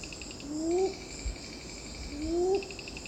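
Red-billed ground cuckoo calls: two brief, low, upward-sliding notes, with shrill insect trilling behind.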